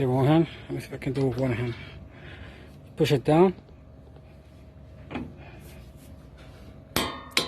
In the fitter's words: you hear that clicking noise.